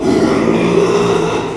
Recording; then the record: squeal of a Yucatan mini pig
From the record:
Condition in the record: after surgery on the right vocal fold (resection and tissue-engineered implant); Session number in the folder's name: 1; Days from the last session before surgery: 6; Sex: male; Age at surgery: 12 weeks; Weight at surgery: 13 kg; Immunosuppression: cyclosporine, prednisolone